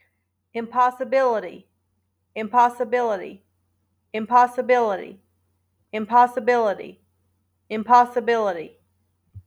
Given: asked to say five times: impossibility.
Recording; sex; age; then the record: repeated word; female; 30 to 39 years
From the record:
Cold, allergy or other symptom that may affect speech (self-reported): no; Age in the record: 38 years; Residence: Ohio, United States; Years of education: 21